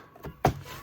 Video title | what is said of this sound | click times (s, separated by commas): F150 2022 S&B Cold Air Intake Installation | You hear that click? | 0.4 s